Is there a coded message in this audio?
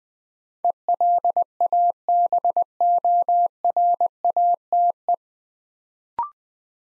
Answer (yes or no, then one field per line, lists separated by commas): yes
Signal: Morse code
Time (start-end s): 0.6-5.1 s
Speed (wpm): 20 wpm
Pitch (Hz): 700 Hz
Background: none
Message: ELABORATE